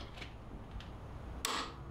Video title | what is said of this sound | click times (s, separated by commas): Baker compensator install on Harley manual chain tensioner install on a 07 road king harley davidson | There it is. And there's a clicker looking for. | 1.5 s